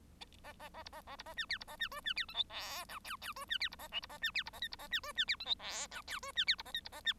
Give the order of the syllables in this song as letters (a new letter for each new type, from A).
A A A B A A B A C D B A C E C D F G H I J J E C D B A K B A C D B A L B A C E C D F G H I J E C D B A L B A C